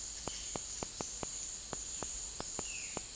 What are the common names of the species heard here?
Violaceous Jay